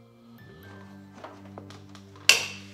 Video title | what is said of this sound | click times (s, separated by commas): My Radiator Cracked! - BMW E90 DIY Replacement | you can see this clicks into place that kind of holds things but | 2.3 s